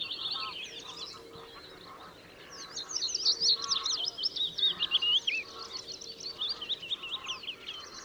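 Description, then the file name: Bluethroat song of rapid, varied whistles and sweeping notes, loud and continuous after a brief quiet spell, with lower chattering notes mixed in. Recorded on 13 April 2014. "Blaukehlchen 13 04 2014 Schurrsee Michle Pron"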